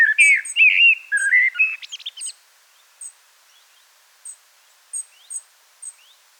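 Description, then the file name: Common blackbird song: mellow warbled phrases ending in squeaky twitters, followed by several thin high chirps. "Turdus merula"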